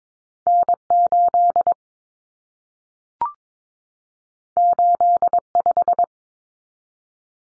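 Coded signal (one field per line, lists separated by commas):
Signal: Morse code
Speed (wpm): 22 wpm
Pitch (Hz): 700 Hz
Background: none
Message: N8 85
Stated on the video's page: Morse drill of common two-digit cut numbers (T, A, N for 0, 1, 9) at 22wpm, sent, spoken, sent again.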